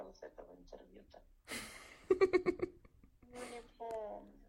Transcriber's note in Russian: смех